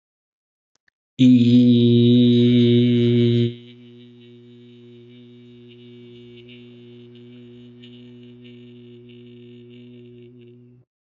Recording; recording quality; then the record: sustained vowel as in beet; excellent, no background noise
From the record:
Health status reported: healthy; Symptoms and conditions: none ticked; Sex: male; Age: 29 years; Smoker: not ticked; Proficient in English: yes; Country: India